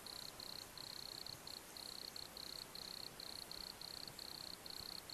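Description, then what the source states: Crickets chirping: a rhythmic string of high, buzzy pulses in short bursts, several every second, over steady background hiss. Crickets in a beech forest woodland.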